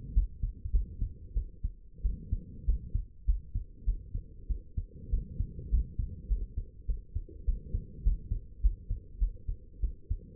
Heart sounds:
heart sounds by stethoscope; 99 bpm
0.14 s: heartbeat
0.72 s: heartbeat
1.35 s: heartbeat
2.03 s: heartbeat
2.66 s: heartbeat
3.26 s: heartbeat
3.85 s: heartbeat
4.48 s: heartbeat
5.11 s: heartbeat
5.70 s: heartbeat
6.29 s: heartbeat
6.87 s: heartbeat
7.46 s: heartbeat
8.04 s: heartbeat
8.62 s: heartbeat
9.19 s: heartbeat
9.81 s: heartbeat
From the record:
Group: healthy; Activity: rest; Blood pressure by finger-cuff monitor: 111/67 mmHg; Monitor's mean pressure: 85 mmHg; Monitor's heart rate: 102 bpm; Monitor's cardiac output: 8.6 L/min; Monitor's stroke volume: 86 mL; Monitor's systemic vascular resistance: 720 dyn s/cm5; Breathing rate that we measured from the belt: 21 breaths a minute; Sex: female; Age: 22 years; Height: 161 cm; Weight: 65.5 kg

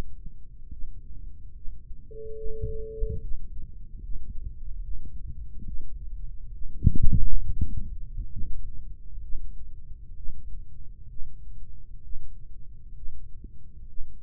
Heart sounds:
heart sounds by microphone in the right ear; 68 bpm
0.72 s: heartbeat
1.56 s: heartbeat
2.38 s: heartbeat
3.22 s: heartbeat
4.03 s: heartbeat
4.83 s: heartbeat
5.66 s: heartbeat
6.54 s: heartbeat
7.42 s: heartbeat
8.32 s: heartbeat
9.23 s: heartbeat
10.17 s: heartbeat
11.10 s: heartbeat
12.04 s: heartbeat
12.96 s: heartbeat
13.89 s: heartbeat
From the record:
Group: healthy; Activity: rest 0-4 s, breath hold 4-14 s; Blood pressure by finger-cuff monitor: 114/91 mmHg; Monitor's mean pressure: 99 mmHg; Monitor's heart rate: 68 bpm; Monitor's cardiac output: 3.2 L/min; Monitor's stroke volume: 45 mL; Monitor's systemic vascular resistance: 2300 dyn s/cm5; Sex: male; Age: 55 years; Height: 167 cm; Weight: 57.2 kg

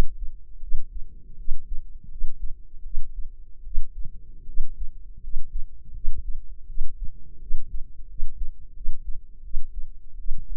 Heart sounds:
heart sounds by microphone in the left ear; 82 bpm
0.58 s: heartbeat
1.34 s: heartbeat
2.06 s: heartbeat
2.81 s: heartbeat
3.61 s: heartbeat
4.43 s: heartbeat
5.18 s: heartbeat
5.91 s: heartbeat
6.64 s: heartbeat
7.37 s: heartbeat
8.05 s: heartbeat
8.71 s: heartbeat
9.40 s: heartbeat
10.14 s: heartbeat
From the record:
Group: healthy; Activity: cold pressor test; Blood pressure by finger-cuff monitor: 121/69 mmHg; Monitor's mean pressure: 86 mmHg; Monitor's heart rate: 82 bpm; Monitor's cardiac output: 7.3 L/min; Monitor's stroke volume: 90 mL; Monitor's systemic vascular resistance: 850 dyn s/cm5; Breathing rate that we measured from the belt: 19 breaths a minute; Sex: female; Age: 23 years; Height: 160 cm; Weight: 50.4 kg

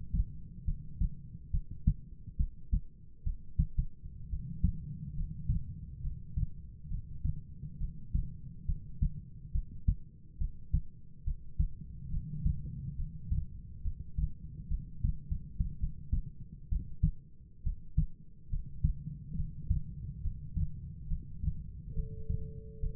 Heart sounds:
heart sounds by stethoscope; 70 bpm
0.65 s: heartbeat
1.51 s: heartbeat
2.37 s: heartbeat
3.23 s: heartbeat
4.31 s: heartbeat
5.16 s: heartbeat
6.02 s: heartbeat
6.89 s: heartbeat
7.79 s: heartbeat
8.66 s: heartbeat
9.52 s: heartbeat
10.38 s: heartbeat
11.24 s: heartbeat
12.10 s: heartbeat
12.96 s: heartbeat
13.82 s: heartbeat
14.68 s: heartbeat
15.26 s: heartbeat
15.80 s: heartbeat
16.70 s: heartbeat
17.63 s: heartbeat
18.50 s: heartbeat
19.36 s: heartbeat
20.22 s: heartbeat
21.08 s: heartbeat
21.94 s: heartbeat
22.80 s: heartbeat
From the record:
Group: heart failure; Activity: rest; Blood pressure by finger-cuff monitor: 88/61 mmHg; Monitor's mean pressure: 72 mmHg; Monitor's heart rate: 69 bpm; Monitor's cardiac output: 4.7 L/min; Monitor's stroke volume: 69 mL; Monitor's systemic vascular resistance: 1050 dyn s/cm5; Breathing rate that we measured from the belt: 8 breaths a minute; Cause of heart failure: non-ischemic cardiomyopathy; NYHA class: 1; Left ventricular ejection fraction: 42%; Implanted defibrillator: present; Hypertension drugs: sacubitril-valsartan, spironolactone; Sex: female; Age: 39 years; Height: 162 cm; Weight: 67.9 kg

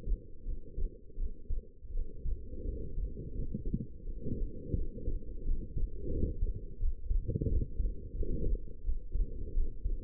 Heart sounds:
heart sounds by stethoscope; 86 bpm
0.44 s: heartbeat
1.16 s: heartbeat
1.92 s: heartbeat
2.64 s: heartbeat
3.34 s: heartbeat
4.03 s: heartbeat
4.74 s: heartbeat
5.44 s: heartbeat
6.10 s: heartbeat
6.78 s: heartbeat
7.48 s: heartbeat
8.14 s: heartbeat
8.83 s: heartbeat
9.53 s: heartbeat
From the record:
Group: healthy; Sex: female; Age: 19 years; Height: 163 cm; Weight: 51 kg

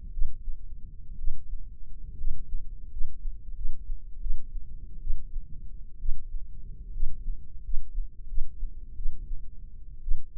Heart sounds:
heart sounds by microphone in the left ear; 73 bpm
0.13 s: heartbeat
1.18 s: heartbeat
2.17 s: heartbeat
2.90 s: heartbeat
3.55 s: heartbeat
4.20 s: heartbeat
5.01 s: heartbeat
5.99 s: heartbeat
6.92 s: heartbeat
7.62 s: heartbeat
8.27 s: heartbeat
8.96 s: heartbeat
10.02 s: heartbeat
From the record:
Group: healthy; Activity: rest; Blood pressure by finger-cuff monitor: 106/65 mmHg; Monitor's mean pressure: 76 mmHg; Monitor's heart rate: 75 bpm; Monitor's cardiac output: 7 L/min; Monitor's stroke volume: 88 mL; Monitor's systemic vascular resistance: 830 dyn s/cm5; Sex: female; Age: 22 years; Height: 157 cm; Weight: 47.6 kg

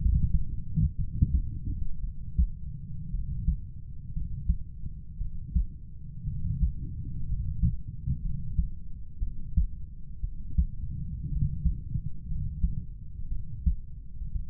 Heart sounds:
heart sounds by stethoscope; 58 bpm
0.96 s: heartbeat
2.01 s: heartbeat
3.11 s: heartbeat
4.13 s: heartbeat
5.18 s: heartbeat
6.25 s: heartbeat
7.27 s: heartbeat
8.22 s: heartbeat
9.19 s: heartbeat
10.21 s: heartbeat
11.29 s: heartbeat
12.27 s: heartbeat
13.29 s: heartbeat
14.32 s: heartbeat
From the record:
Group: healthy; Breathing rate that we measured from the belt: 15 breaths a minute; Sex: male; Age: 25 years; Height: 170 cm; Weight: 70.4 kg

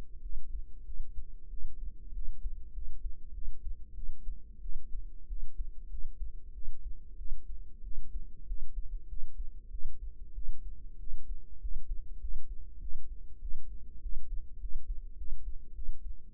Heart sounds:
heart sounds by microphone in the right ear; 97 bpm
0.21 s: heartbeat
0.84 s: heartbeat
1.49 s: heartbeat
2.12 s: heartbeat
2.72 s: heartbeat
3.32 s: heartbeat
3.93 s: heartbeat
4.60 s: heartbeat
5.27 s: heartbeat
5.89 s: heartbeat
6.53 s: heartbeat
7.16 s: heartbeat
7.82 s: heartbeat
8.46 s: heartbeat
9.07 s: heartbeat
9.70 s: heartbeat
10.33 s: heartbeat
10.98 s: heartbeat
11.60 s: heartbeat
12.20 s: heartbeat
12.80 s: heartbeat
13.40 s: heartbeat
14.01 s: heartbeat
14.59 s: heartbeat
15.16 s: heartbeat
15.74 s: heartbeat
16.33 s: heartbeat
From the record:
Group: healthy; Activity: rest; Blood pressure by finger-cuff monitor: 102/65 mmHg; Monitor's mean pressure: 75 mmHg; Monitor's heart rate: 98 bpm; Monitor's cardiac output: 7.5 L/min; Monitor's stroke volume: 78 mL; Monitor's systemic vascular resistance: 740 dyn s/cm5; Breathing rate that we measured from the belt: 20 breaths a minute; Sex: female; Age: 19 years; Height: 163 cm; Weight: 48.9 kg

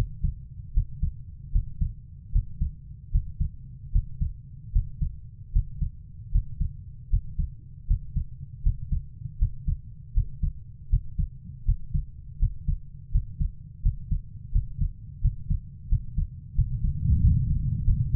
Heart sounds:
heart sounds by stethoscope; 81 bpm
0.73 s: heartbeat
1.52 s: heartbeat
2.32 s: heartbeat
3.11 s: heartbeat
3.92 s: heartbeat
4.72 s: heartbeat
5.52 s: heartbeat
6.31 s: heartbeat
7.10 s: heartbeat
7.87 s: heartbeat
8.62 s: heartbeat
9.38 s: heartbeat
10.13 s: heartbeat
10.89 s: heartbeat
11.65 s: heartbeat
12.39 s: heartbeat
13.11 s: heartbeat
13.82 s: heartbeat
14.52 s: heartbeat
15.21 s: heartbeat
15.88 s: heartbeat
16.55 s: heartbeat
17.21 s: heartbeat
17.84 s: heartbeat
From the record:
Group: healthy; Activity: Valsalva maneuver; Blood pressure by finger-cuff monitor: 128/80 mmHg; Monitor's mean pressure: 95 mmHg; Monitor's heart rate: 79 bpm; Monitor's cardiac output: 5.9 L/min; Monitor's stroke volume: 76 mL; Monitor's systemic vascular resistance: 1170 dyn s/cm5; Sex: female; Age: 24 years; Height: 163 cm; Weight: 55.7 kg

